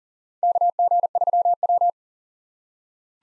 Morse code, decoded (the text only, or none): KG3W